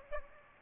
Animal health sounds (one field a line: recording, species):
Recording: mosquito wingbeat signal from an infrared sensor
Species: Aedes aegypti